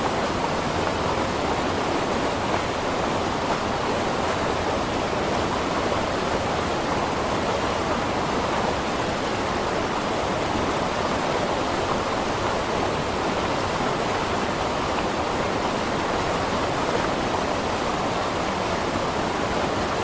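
A mountain stream with waterfalls rushes in a dense, unbroken wash of water noise, steady and even from start to finish. The sound is full, strongest in the low and middle range with a hissing top, and no separate events stand out.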